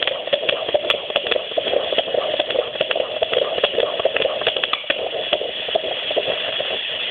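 Rapid, galloping beats near 140 a minute over a hissy background: fetal heartbeat at 25 weeks of pregnancy.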